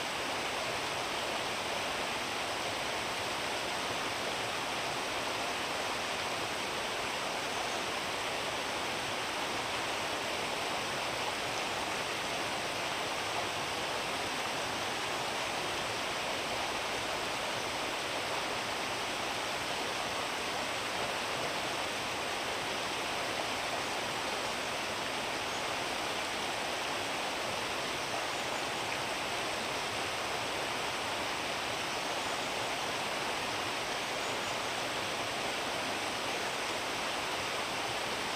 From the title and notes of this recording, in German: Binaural recording. Das Wetter ist eisig kalt und der Bach ist umrandet von dicken Eiszapfen.